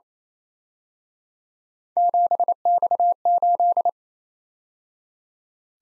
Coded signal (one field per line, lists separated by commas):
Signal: Morse code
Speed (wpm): 31 wpm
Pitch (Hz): 700 Hz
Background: none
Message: 7X8